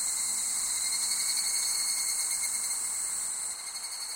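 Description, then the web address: Insect chorus of dense, high shrill trills, steady and continuous, easing slightly in loudness toward the end. Summer ambience of insects in Japan. "Sound Effects-Foundation 1 AMBIENCE JAPANESE SUMMER INSECTS"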